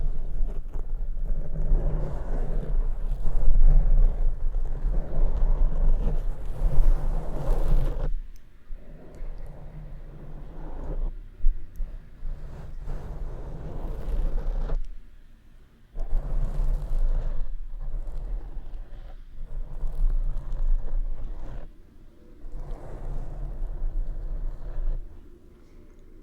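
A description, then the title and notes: Deep mic scratching scalp massage: dense rubbing and scratching in bursts, loud for the first eight seconds, then stopping and restarting every few seconds. ASMR DEEP MIC SCRATCHING Scalp Massage.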